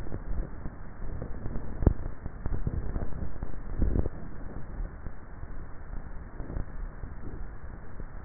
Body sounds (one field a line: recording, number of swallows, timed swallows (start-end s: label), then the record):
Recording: swallowing sounds by neck microphone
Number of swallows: 1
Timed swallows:
2.58-3.58 s: swallow
From the record:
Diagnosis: dysphagia